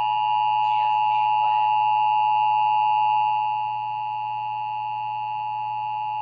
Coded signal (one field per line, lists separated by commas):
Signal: Emergency Alert System (SAME) tones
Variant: 853 and 960 Hz attention tone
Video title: Reviving the Meme... | EAS #1707-1726* (Severe Weather Alerts from 10/25/2021)